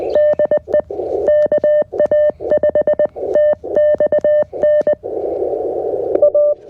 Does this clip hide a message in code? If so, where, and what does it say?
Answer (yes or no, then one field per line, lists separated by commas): yes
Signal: Morse code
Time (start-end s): 0.1-6.5 s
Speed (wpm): 20 wpm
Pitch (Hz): 600 Hz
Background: none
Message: DE KA5TXN A